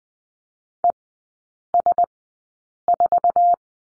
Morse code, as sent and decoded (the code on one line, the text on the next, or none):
. ... ....-
ES4